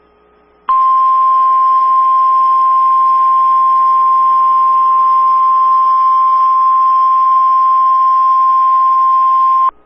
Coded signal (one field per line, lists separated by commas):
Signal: Emergency Alert System (SAME) tones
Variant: 1050 Hz attention tone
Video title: Virtual EAS Severe Thunderstorm Warning in Oklahoma